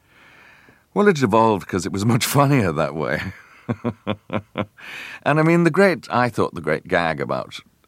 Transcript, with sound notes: Well, it evolved 'cause it was much funnier that way (laughter). And, I mean, the great - I thought the great gag about,